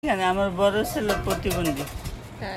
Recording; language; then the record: elicited speech; Bengali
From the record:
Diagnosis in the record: Broca's or global aphasia after a stroke